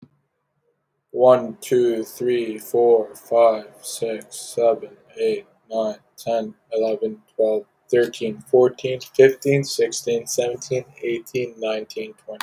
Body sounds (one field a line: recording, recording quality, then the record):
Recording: counting at a normal pace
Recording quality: excellent, no background noise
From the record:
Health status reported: healthy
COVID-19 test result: negative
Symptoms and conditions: none ticked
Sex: male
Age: 23 years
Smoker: not ticked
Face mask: not worn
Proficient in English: yes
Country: United States